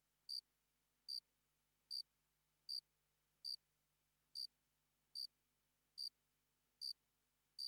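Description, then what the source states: Cricket chirping, ten crisp high chirps evenly spaced under a second apart in a quiet setting. Single cricket, sparse calling.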